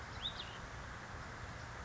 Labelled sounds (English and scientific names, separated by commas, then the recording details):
Cassin's Vireo (Vireo cassinii)
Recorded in Sonoma County, California